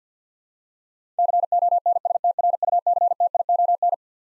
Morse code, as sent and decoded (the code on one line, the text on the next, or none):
-.-. --- -. ... - .-. ..- -.-. - .. --- -.
CONSTRUCTION